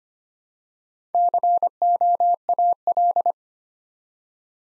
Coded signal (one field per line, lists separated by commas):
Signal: Morse code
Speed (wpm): 25 wpm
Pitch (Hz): 700 Hz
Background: none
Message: COAL